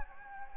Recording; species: mosquito wingbeat signal from an infrared sensor; Anopheles gambiae